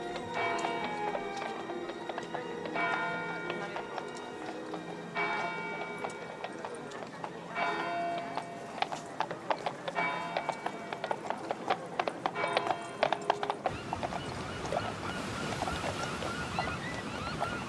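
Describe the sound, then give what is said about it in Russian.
Steady clip-clop of horses' hooves as people ride horses together through a town, sharp regular knocks beneath a swelling melodic music track, giving way near the end to a rushing wash of surf-like noise. “Они вместе прогуливаются на лошадях по городу.”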